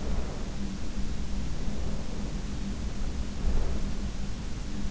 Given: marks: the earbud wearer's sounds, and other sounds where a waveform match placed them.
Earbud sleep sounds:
sounds in sleep by an in-ear microphone; breath
0.08-0.95 s: breath
1.49-2.70 s: breath
3.19-4.19 s: breath

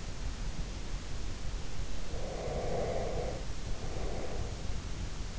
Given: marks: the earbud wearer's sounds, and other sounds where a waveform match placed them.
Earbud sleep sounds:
sounds in sleep by an in-ear microphone; breath
2.10-4.83 s: breath

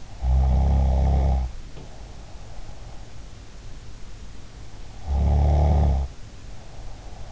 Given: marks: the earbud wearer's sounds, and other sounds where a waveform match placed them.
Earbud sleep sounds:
sounds in sleep by an in-ear microphone; snoring breath
0.15-2.51 s: snoring breath
4.94-7.32 s: snoring breath

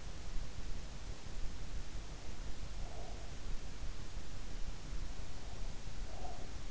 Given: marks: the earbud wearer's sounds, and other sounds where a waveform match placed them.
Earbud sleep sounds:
sounds in sleep by an in-ear microphone; breath
2.81-3.42 s: breath
6.06-6.48 s: breath

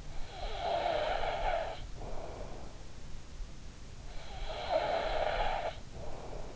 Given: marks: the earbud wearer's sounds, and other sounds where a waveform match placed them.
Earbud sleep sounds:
sounds in sleep by an in-ear microphone; snoring breath
0.12-2.77 s: snoring breath
4.09-6.56 s: snoring breath

